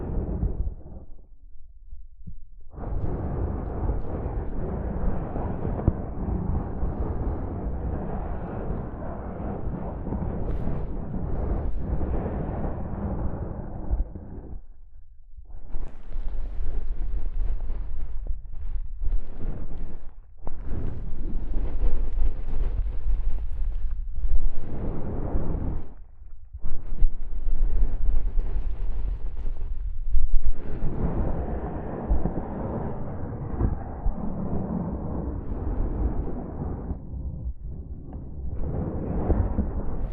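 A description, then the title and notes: Soft fabric brushes against a microphone in long, dense rumbling swipes, heavy in the low end with a muffled hiss above. A steady stretch runs through the first fifteen seconds, then shorter bursts follow, broken by brief quiet gaps near 15, 20, 26 and 37 seconds. ASMR Mic Brushing using Soft Fabric (No Talking).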